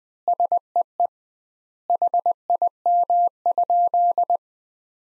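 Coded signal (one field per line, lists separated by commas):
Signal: Morse code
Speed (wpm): 21 wpm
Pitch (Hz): 700 Hz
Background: none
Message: SEE HIM?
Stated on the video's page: Morse practice at 20 wpm: sentences built from the top 100 words, sent with twice the standard word spacing.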